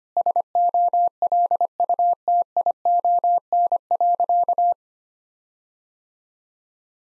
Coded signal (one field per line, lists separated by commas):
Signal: Morse code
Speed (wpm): 25 wpm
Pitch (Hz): 700 Hz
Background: none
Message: SOLUTION.